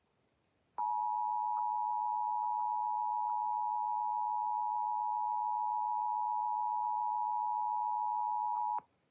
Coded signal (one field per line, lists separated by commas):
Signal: Emergency Alert System (SAME) tones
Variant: 853 and 960 Hz attention tone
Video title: EAS Tornado Warning #6 3/14/25 (Credit Goes To @SouthernPennsylvaniaWX & @KanawhaCountyWX)